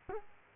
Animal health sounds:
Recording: mosquito wingbeat signal from an infrared sensor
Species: Culex quinquefasciatus

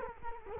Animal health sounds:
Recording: mosquito wingbeat signal from an infrared sensor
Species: Culex quinquefasciatus

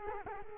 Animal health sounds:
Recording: mosquito wingbeat signal from an infrared sensor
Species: Culex quinquefasciatus

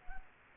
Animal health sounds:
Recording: mosquito wingbeat signal from an infrared sensor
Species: Culex quinquefasciatus

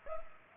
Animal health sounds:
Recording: mosquito wingbeat signal from an infrared sensor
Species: Culex pipiens

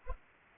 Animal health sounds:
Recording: mosquito wingbeat signal from an infrared sensor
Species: Anopheles arabiensis

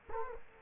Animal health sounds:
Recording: mosquito wingbeat signal from an infrared sensor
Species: Culex quinquefasciatus

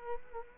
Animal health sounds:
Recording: mosquito wingbeat signal from an infrared sensor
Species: Culex quinquefasciatus

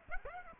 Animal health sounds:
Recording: mosquito wingbeat signal from an infrared sensor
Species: Aedes aegypti

